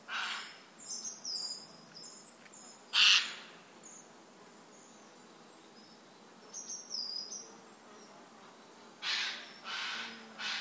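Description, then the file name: Eurasian jay producing rough, noisy screeches, one loud burst early and a series of three near the end, over thin high chirping. "Garrulus glandarius"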